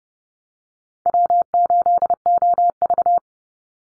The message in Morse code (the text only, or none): W8OV